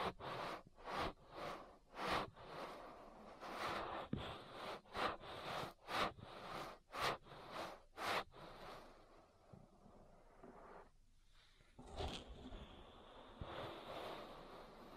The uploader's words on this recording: ASMR Relaxing Ear Massage. (No Talking).